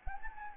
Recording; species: mosquito wingbeat signal from an infrared sensor; Anopheles gambiae